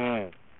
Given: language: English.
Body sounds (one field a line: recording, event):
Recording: throat vibration sensor signal played as sound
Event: speech